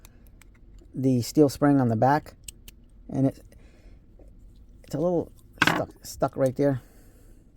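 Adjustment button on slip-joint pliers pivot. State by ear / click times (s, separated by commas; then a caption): not seated / none. Someone talks while handling a Milwaukee 8-inch slip-joint pliers whose spring-loaded steel adjustment button at the pivot, pressing into a steel spring on the back, is stuck part-way in by accident. Faint handling ticks come early in the clip and soft taps around 4.2 and 4.6 seconds. Nothing has snapped back or clicked into place yet.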